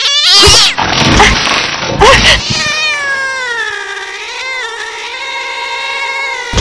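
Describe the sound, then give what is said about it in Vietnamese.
An agitated cat, its fur bristling as it confronts a leather handbag, lets out harsh, noisy bursts, then breaks into a long, drawn-out yowling meow whose pitch wavers up and down for several seconds, loud and strained. “con mèo xù hết lông lên như để đối phó với chiếc túi da thật của cô.”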